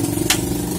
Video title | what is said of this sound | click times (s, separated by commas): PCX 160 LAMPU GETER DARI JAUHHH | Nah, kalau udah kunci seperti itu dulu, kenceng banget itu. | 0.3 s